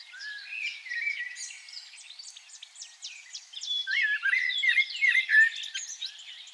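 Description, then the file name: Common blackbird song of rapid squeaky twitters and lower fluted notes, dense and continuous throughout. "Turdus merula"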